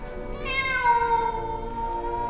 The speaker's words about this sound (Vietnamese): Anh ngẩng lên nhìn trên những tán cây thì suýt nữa đái mẹ nó cả ra quần khi thấy những bóng đen đang ngồi vắt vẻo trên những cành cây. Bỗng một trong những bóng đen đó lại kêu lên một tiếng ngao thảm thiết.